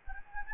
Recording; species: mosquito wingbeat signal from an infrared sensor; Anopheles gambiae